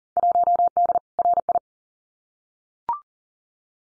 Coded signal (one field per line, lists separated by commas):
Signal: Morse code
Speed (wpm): 40 wpm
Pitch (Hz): 700 Hz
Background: none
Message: 1D RI